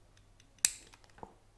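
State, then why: Seated. The hammer of a Polish PW wz. 33 (TT-33) pistol from Radom, chambered in 7.62x25, is drawn back to its first position, the half-cock notch, where a blocking tooth serves as the pistol's only safety. A sharp, bright click rings out at 0.6 s, followed by a few faint ticks and a small knock near 1.2 s. The hammer seats in the half-cock safety notch, and the pistol is now locked.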